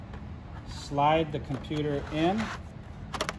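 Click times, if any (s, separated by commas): 3.1 s, 3.2 s, 3.3 s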